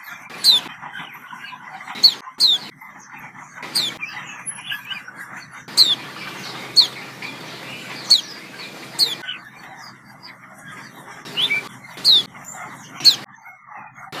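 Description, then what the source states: White-eye chirping repeatedly, high quick downslurred notes at irregular intervals, mixed with broad rustling or scratching bursts. Female.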